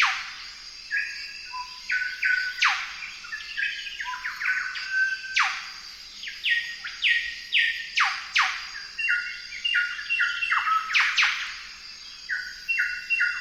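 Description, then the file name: Golden whistler song: loud, ringing whistled phrases, each opening with a sharp whip-like downsweep followed by stepped, level notes, repeated about every three seconds. "Golden whistler bird singing"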